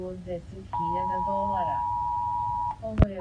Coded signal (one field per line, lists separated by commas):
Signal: Emergency Alert System (SAME) tones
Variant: 853 and 960 Hz attention tone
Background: speech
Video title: ⚠️Rating EAS (A-Z) #23⚠️